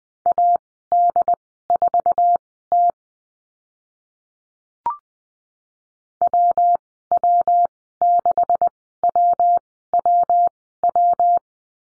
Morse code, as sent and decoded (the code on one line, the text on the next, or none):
.- -.. ....- - / .-- .-- -.... .-- .-- .--
AD4T WW6WWW